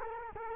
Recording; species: mosquito wingbeat signal from an infrared sensor; Culex quinquefasciatus